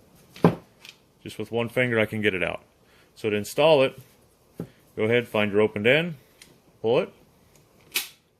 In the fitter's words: it'll snap in place.